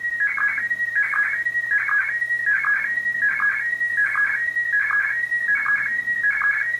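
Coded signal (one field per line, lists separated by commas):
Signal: SSTV (slow-scan television)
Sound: warbling tones with a steady rhythmic chirp repeating about every three-quarters of a second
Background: low hum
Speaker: now decoding picture 9 out of 12 as you see here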